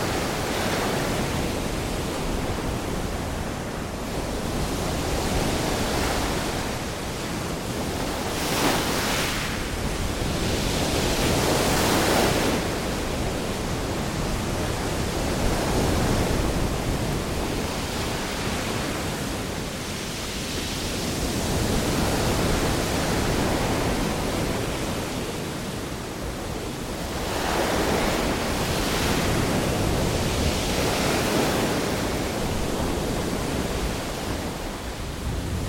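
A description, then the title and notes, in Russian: Pacific Ocean waves roll in as a dense, unbroken wash of surf with a deep rumble underneath. The hiss swells brighter as waves break, most clearly around 9 to 12 seconds and again near 27 to 31 seconds, then eases back into steady churning. Звуки океана для сна | Успокаивающие волны Тихого океана. Звуки океанских волн.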